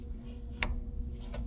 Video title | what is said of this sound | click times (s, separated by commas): How to Replace Fuel Pressure Regulator 2011-2016 Kia Optima | Make sure that you hear a click. | 0.6 s